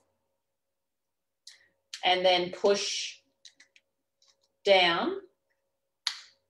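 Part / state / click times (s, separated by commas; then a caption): ball piece going into the hole of a clip device / seated / 6.1 s. A ball piece is pushed down into the hole of a small clip device while someone talks. A sharp click is heard at 6.1 s as the ball snaps back into its hole and seats.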